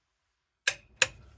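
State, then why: Torque reached. A click-type torque wrench set to about 100 tightens a lug nut on a car wheel, giving two sharp metallic clicks at 0.7 s and 1.0 s, each with a short ringing tail. The wrench's release click confirms the nut has reached the set torque.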